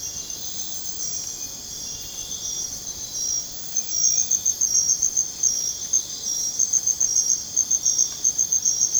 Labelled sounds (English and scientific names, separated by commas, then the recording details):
none
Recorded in dense forest near Puerto Asís, Putumayo, Colombia, on 23 June 2025 at 03:00
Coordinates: 0.486, -76.317
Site G065